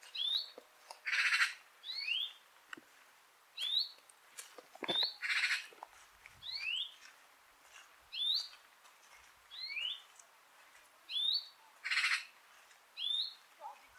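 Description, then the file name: European greenfinch giving a steady series of short rising calls, roughly one per second, interspersed with a few louder rasping buzzy bursts. "Chloris chloris"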